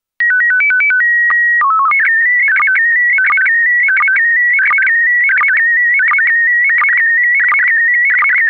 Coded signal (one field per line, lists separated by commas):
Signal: SSTV (slow-scan television)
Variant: PD 90